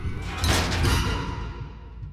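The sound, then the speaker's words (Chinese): A glass door slides and shuts with a quick swish and a dull thud, followed by a low rumbling tail that fades out. No one speaks. “博斯一挥手，那扇玻璃门瞬间闭合。”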